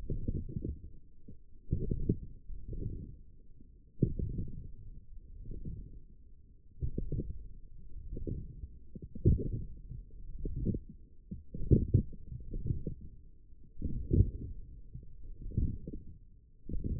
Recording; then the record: forearm muscle sounds (acoustic myography)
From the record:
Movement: forearm pronation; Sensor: system 1, eight BSWA MPA416 microphones around the upper forearm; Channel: 2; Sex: male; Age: 42 years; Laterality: right